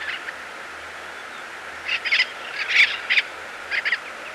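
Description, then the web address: Yellow-eared parrot giving short harsh, nasal calls in scattered bursts, a few close together, over a steady background hiss. "Birds of Ecuador. Yellow-eared Parrot"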